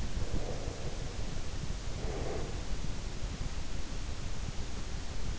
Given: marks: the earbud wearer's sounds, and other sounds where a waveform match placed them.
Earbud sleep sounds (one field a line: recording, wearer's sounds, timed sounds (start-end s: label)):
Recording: sounds in sleep by an in-ear microphone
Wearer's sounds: breath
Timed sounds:
0.02-2.83 s: breath